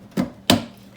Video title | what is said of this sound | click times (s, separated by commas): Counterfeit Car Part Exposed! Car Owners Need To Be Aware! Fake Plugs - 2010-2015 Prius | You can hear them release. | 0.5 s